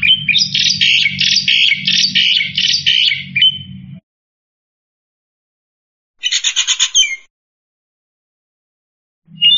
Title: Jalak Putih